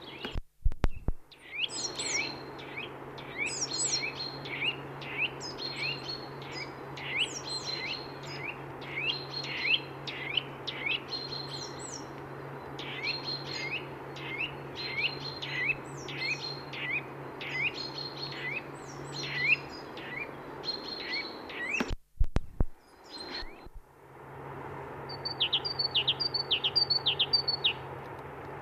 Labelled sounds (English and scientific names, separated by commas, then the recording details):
Great Tit (Parus major) song
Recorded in the wild
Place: Oberstdorf, Bayern, DE
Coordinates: 47.38, 10.2969
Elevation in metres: 881
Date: 1976-04-03
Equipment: Nagra IV, Sennheiser MKH 405, Parabolreflektor
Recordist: Tretzel, Erwin